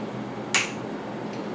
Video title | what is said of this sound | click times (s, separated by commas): Road Bicycle Drive train maintenance pt 2 | That's one click, and once you hear that click, don't go past the click or you go over torqued. | 0.5 s